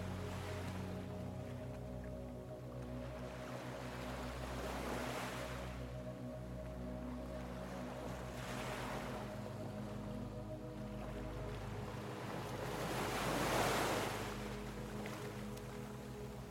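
Ocean waves roll in beneath soft, sustained melodic tones that hold steady throughout. Hissing surges of surf swell and fade about every four seconds, the biggest near the end, while a low, calm musical drone sits underneath.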